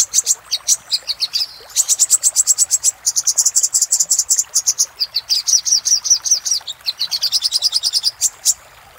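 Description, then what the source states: Little spiderhunter song: rapid runs of high, staccato notes separated by short gaps. Master recording for training cage birds, labelled 'Labaik'.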